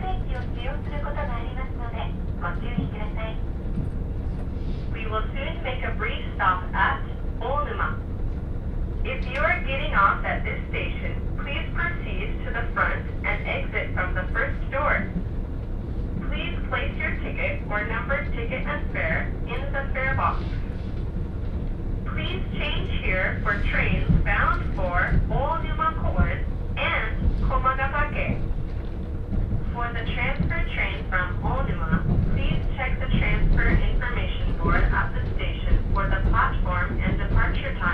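A train ride on the Hakodate Main Line, with a steady low rumble of the train running underneath throughout. A thin-sounding voice talks almost without stopping over it, in phrases broken by brief pauses, while the rumble swells slightly in the second half.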